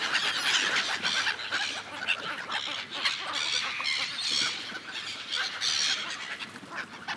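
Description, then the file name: Many gulls calling at once, a steady wash of shrill, squealing cries with no pause. Several gulls. "seagulls"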